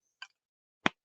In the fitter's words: and again it and you can hear it snap in you heard it there okay